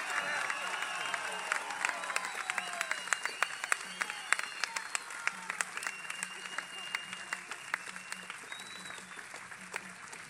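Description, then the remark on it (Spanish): A crowd at the Unidad Popular final rally of 18 October 2019 applauds deputy Eduardo Rubio, list 326, steadily with dense, crackling claps, joined by scattered whistles and cheers rising above the noise, sustained at an even level throughout. “Fuerte, fuerte el aplauso para el diputado Eduardo Rubio, lista 326.”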